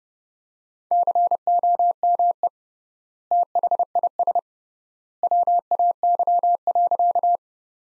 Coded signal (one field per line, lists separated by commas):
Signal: Morse code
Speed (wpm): 29 wpm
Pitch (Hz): 700 Hz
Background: none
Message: COME THIS WAY.